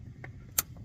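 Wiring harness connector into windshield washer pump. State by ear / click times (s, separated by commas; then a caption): seated / 0.6 s. A wiring harness plug is pushed all the way down onto the windshield washer pump of a 2012 Hyundai Elantra Touring, with a low vehicle rumble in the background. A faint tick at 0.3 s comes before a sharp, bright click at 0.6 s, and a soft tick follows at 0.8 s. The connector clicks in and is seated.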